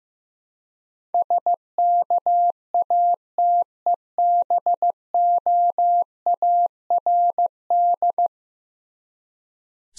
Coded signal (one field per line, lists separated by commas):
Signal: Morse code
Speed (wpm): 15 wpm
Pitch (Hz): 700 Hz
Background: none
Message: SKATEBOARD